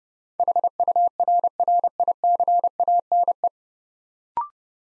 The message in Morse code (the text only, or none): HURRICANE